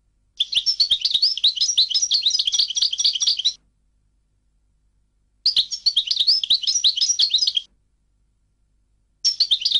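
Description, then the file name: European goldfinch song: long, fast, tinkling twitter phrases of two to three seconds, repeated after pauses, dense with liquid and buzzy notes. "audio burung goldfinch"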